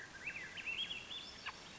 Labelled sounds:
Swainson's Thrush (Catharus ustulatus)

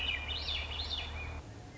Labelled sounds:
Swainson's Thrush (Catharus ustulatus)

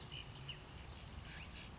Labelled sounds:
Ash-throated Flycatcher (Myiarchus cinerascens)

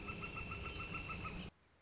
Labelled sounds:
Northern Flicker (Colaptes auratus)

